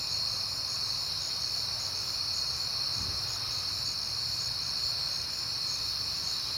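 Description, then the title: High cricket chorus trilling without break, while a passing car briefly swells and fades in the low range around the middle. Crickets recorded on a peaceful night in September, with passing cars heard in the background. "Night Time: Crickets and Passing Cars"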